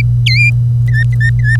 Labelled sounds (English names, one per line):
Domestic Canary song